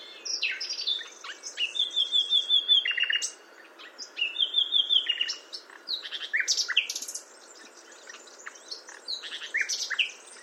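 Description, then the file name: Common nightingale singing varied phrases: rich whistled notes, fast chattering runs and clear drawn-out tones, with brief pauses between song bursts. "Luscinia megarhynchos"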